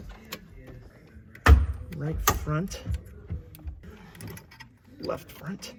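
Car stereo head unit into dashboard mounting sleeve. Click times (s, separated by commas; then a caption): 1.5 s. A retro-style car stereo head unit, with its wiring plugged in, is pushed into its dash mounting sleeve in an E30 M3 after the sleeve's tabs were folded back. It clicks into place with a sharp, loud knock at 1.5 s, followed by a few faint ticks. Someone talks throughout.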